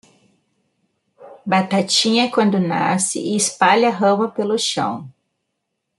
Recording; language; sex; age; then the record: short text; Brazilian Portuguese; female; 30 to 39 years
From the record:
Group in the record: control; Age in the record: 38 years